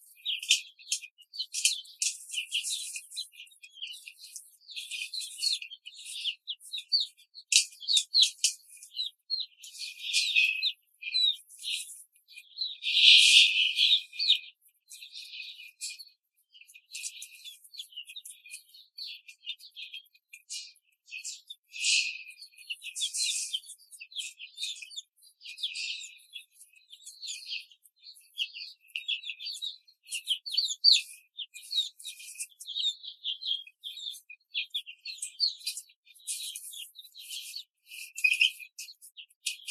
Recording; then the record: young laying hens in a cage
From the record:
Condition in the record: control cage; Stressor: none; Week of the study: 5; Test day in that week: 1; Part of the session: 1